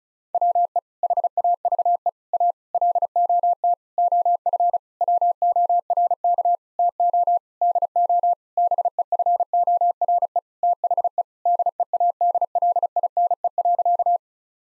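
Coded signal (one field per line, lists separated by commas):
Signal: Morse code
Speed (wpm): 34 wpm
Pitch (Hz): 700 Hz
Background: none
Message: WE HAVE A LOT OF WORK TO DO BEFORE THE DEADLINE.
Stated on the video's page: Morse practice sentences built from common eight-word phrases at 35 wpm, each sent, then spoken, then sent again for head-copy.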